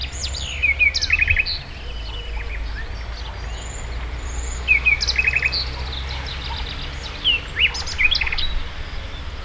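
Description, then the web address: Bird calls: bright, quick chirps in short trilled bursts, repeating throughout, with a steady low rumble underneath. Recorded at the Hortobágy fishponds, Hungary, in 2014, near the narrow-gauge railway's inner terminal station; varied bird life. "hanggyujtemeny kisvasut hortobagyihalastavak 2014 termeszet sokszinumadarvilag belsovegallomas"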